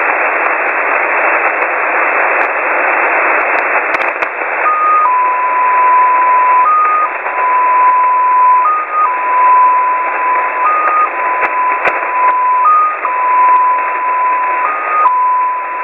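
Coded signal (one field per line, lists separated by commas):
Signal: numbers station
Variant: XPA2 polytone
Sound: radio hiss, then a steady tone that steps up briefly every two seconds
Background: radio static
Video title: Russian XPA2 polytone number station at 14538 kHz (long message)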